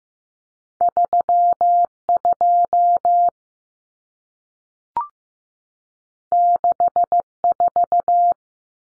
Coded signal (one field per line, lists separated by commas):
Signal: Morse code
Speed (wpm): 15 wpm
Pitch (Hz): 700 Hz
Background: none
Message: 32 64